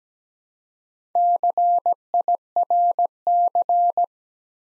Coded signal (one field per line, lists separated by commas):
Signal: Morse code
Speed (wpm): 17 wpm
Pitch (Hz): 700 Hz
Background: none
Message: CIRC